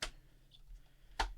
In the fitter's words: so we'll snap that